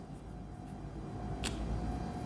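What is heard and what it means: A furry windscreen (dead cat) with a plastic latch is pushed onto the jack of a DJI Mic 2 wireless microphone transmitter over a low, steady background hum. A short, sharp click at 1.5 s is the latch snapping into place, and the windscreen is seated on the transmitter.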